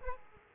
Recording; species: mosquito wingbeat signal from an infrared sensor; Aedes aegypti